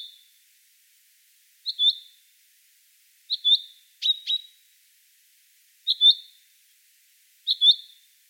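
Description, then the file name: Common chaffinch calling: short, bright double notes repeated roughly every one and a half seconds, one pair doubled midway, in an otherwise silent background. "Fringilla coelebs"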